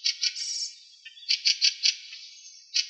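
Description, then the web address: Fieldfare calls: harsh, rasping chattering notes in short bursts, a quick cluster of four near the middle and a final one after a pause; quiet background. "Turdus pilaris"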